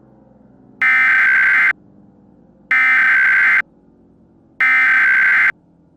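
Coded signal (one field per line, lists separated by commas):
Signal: Emergency Alert System (SAME) tones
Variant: header bursts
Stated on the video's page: Fictional EAS scenario, remastered, containing simulated SAME tones.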